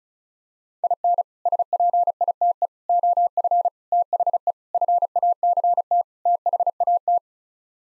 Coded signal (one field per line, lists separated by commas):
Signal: Morse code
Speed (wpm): 36 wpm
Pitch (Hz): 700 Hz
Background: none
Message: IN SPITE OF THE FACT THAT